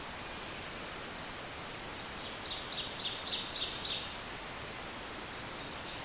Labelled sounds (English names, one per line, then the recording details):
Ovenbird song
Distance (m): 40 m
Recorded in boreal forest in Alberta, Canada, on 28 June 2016 at 08:16
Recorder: SongMeter 3, array SBT-6-79
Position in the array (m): 8 m, 126 m
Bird 40